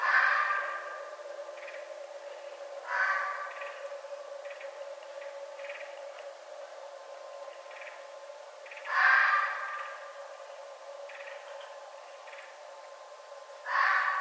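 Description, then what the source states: Red fox harsh, rasping calls at irregular intervals, loud bursts separated by fainter ones, over a steady humming background. Recorded on 11 November 2011.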